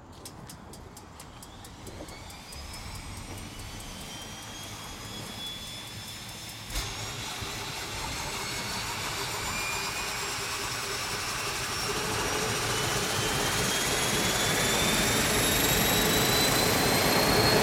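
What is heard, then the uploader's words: A turboprop floatplane's engine whines steadily and grows gradually louder over the clip, with rising high tones and a brief click near seven seconds. De Havilland Canada DHC - 3-T Turbo - Otter by Andy "soundeziner" Martin.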